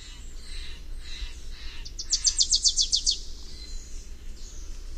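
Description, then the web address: Wilson's warbler song, a fast run of about ten dry, high chips in one second, with faint notes and low background hum around it. "Songs of Birds of North America Know Your Bird Sounds Common Western Species. Wilsons Warbler"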